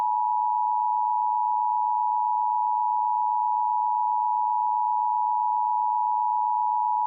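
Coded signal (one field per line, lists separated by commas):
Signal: Emergency Alert System (SAME) tones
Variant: 853 and 960 Hz attention tone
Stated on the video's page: Mock EAS weather alert, though the tones are stated to be valid EAS tones.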